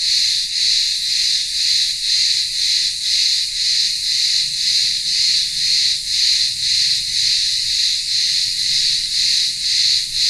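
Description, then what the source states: Cicadas keep up a piercing, even buzz, pulsing steadily around twice a second. Cicadas in the town square of a remote village on Ikaria island, Greece, singing in the midday heat.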